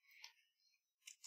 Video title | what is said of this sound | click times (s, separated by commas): Jose Rodriguez Sunday Live Stream 1-12-2020! | Snap it in place. You heard that click? That click. This is securely attached now. | 1.1 s